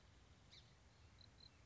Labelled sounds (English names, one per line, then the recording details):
Song Sparrow
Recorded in Sonoma County, California